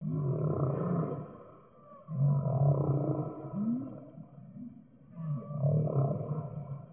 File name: humpback whale